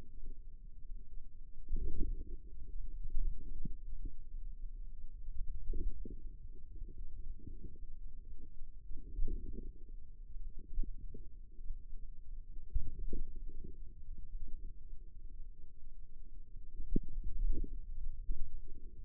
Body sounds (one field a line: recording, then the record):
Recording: forearm muscle sounds (acoustic myography)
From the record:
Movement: inward rotation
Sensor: system 2, bracelet of six BSWA MPA416 microphones around the upper forearm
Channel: 3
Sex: female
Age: 22 years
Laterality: right